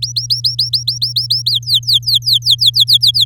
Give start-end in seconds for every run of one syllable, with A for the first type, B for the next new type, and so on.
0.02-1.50 A, 1.51-3.25 B